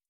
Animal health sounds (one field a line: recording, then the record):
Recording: hydrophone in a shrimp aquaculture tank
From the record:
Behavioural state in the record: feeding